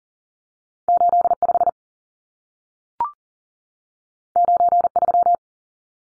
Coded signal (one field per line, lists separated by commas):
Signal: Morse code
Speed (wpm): 40 wpm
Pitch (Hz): 700 Hz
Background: none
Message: 85 93